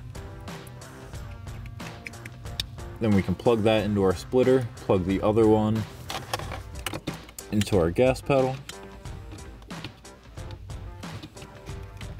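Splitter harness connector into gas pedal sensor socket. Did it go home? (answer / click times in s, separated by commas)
no / none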